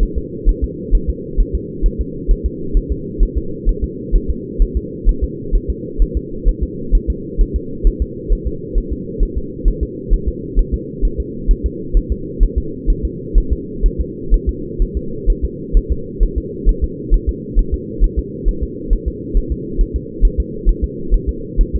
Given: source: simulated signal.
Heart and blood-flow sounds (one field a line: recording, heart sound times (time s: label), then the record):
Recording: fetal heart sounds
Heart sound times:
0.03 s: S1
0.18 s: S2
0.49 s: S1
0.64 s: S2
0.95 s: S1
1.10 s: S2
1.40 s: S1
1.55 s: S2
1.86 s: S1
2.01 s: S2
2.31 s: S1
2.46 s: S2
2.77 s: S1
2.92 s: S2
3.23 s: S1
3.38 s: S2
3.69 s: S1
3.84 s: S2
4.16 s: S1
4.30 s: S2
4.62 s: S1
4.77 s: S2
5.09 s: S1
5.24 s: S2
5.56 s: S1
5.70 s: S2
6.02 s: S1
6.17 s: S2
6.49 s: S1
6.63 s: S2
6.95 s: S1
7.10 s: S2
7.41 s: S1
7.56 s: S2
7.87 s: S1
8.02 s: S2
8.33 s: S1
8.47 s: S2
8.78 s: S1
8.93 s: S2
9.23 s: S1
9.38 s: S2
9.68 s: S1
9.83 s: S2
10.14 s: S1
10.28 s: S2
10.59 s: S1
10.74 s: S2
11.05 s: S1
11.20 s: S2
11.51 s: S1
11.66 s: S2
11.97 s: S1
12.12 s: S2
12.43 s: S1
12.58 s: S2
12.90 s: S1
13.05 s: S2
13.38 s: S1
13.53 s: S2
13.86 s: S1
14.01 s: S2
14.34 s: S1
14.49 s: S2
14.82 s: S1
14.97 s: S2
15.30 s: S1
15.45 s: S2
15.77 s: S1
15.92 s: S2
16.23 s: S1
16.38 s: S2
16.69 s: S1
16.84 s: S2
17.14 s: S1
17.29 s: S2
17.59 s: S1
17.74 s: S2
18.04 s: S1
18.19 s: S2
18.49 s: S1
18.63 s: S2
18.93 s: S1
19.08 s: S2
19.37 s: S1
19.52 s: S2
19.81 s: S1
19.96 s: S2
20.25 s: S1
20.40 s: S2
20.69 s: S1
20.84 s: S2
21.14 s: S1
21.29 s: S2
21.61 s: S1
21.75 s: S2
From the record:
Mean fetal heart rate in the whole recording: 130 bpm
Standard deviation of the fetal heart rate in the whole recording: 4 bpm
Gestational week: 38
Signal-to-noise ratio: -4.3 dB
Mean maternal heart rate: 72 bpm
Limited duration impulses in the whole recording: absent